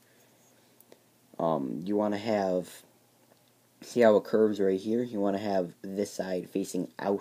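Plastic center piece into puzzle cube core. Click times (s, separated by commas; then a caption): 0.8 s, 0.9 s. A plastic center piece is pushed into an empty slot in a puzzle cube core during reassembly. Two short, sharp clicks at 0.8 s and 0.9 s mark it snapping into place. Then someone talks.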